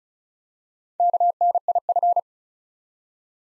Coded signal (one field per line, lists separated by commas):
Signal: Morse code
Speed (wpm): 36 wpm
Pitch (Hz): 700 Hz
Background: none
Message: KNIF